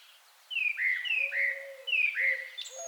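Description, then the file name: Common blackbird giving two clear fluty phrases of slurred notes. "Turdus merula"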